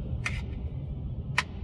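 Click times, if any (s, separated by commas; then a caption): 1.4 s. A phone gimbal is unfolded by sliding its arm up until it locks into position. A sharp click is heard at 0.3 s, then a louder snap at 1.4 s as the arm locks into place, over a low steady background hum.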